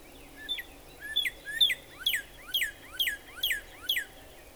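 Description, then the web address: Northern cardinal song: repeated slurred whistled phrases, each a level note dropping into a downward sweep, delivered about twice a second. "birdsongforthecurious Northern Cardinal"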